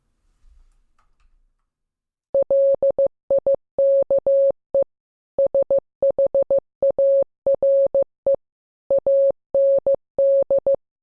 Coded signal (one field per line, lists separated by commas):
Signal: Morse code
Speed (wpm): 15 wpm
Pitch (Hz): 550 Hz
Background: none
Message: LIKE SHARE AND